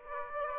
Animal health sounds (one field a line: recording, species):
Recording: mosquito wingbeat signal from an infrared sensor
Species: Aedes aegypti